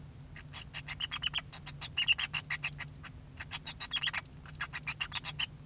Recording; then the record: song of a male Bengalese finch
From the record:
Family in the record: son of father 2